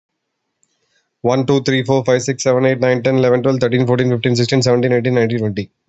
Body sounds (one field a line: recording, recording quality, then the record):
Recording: counting at a fast pace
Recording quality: excellent, no background noise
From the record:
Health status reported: healthy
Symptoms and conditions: none ticked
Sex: male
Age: 39 years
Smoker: yes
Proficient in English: yes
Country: India